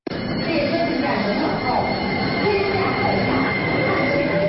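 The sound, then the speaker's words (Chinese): A Beijing Subway Line 15 train running under its automatic driving system rumbles steadily along the rails, a dense low roar with faint high squeals of wheels, continuous and fairly loud throughout with no talking. “但和往日不同的是，他不再需要手动操作手柄和按钮，只要开启自动驾驶系统，列车就可以自动运行，这让列车司机的工作强度大幅降低”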